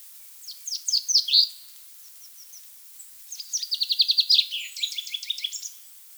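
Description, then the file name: Common chaffinch: a few high downslurred notes, a pause with soft ticks, then a fast trill of sharp notes falling into a descending flourish. "Fringilla coelebs"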